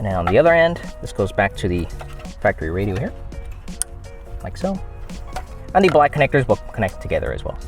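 Someone talks over background music while plugging the other end of a plastic wiring harness connector for a plug-and-play Encore Alpha power amplifier into the back of the factory head unit radio in a Tacoma with JBL audio. The connector seats with a sharp click at 3.8 s.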